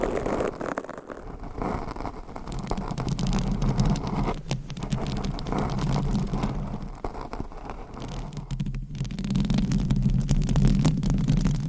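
Mic scratching fills the clip with a dense, continuous rough rubbing and rasping, low and throbbing with a steady hum underneath. Sharp scrapes and crackles break through around four and a half and near nine seconds, and the low rumble swells toward the end.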